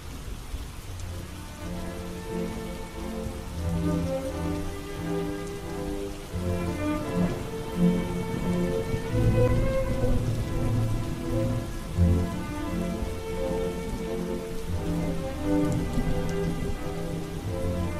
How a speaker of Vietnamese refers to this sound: Ông cứ thở dài sườn sượt, lắng nghe tiếng mưa lộp bộp ngoài kia.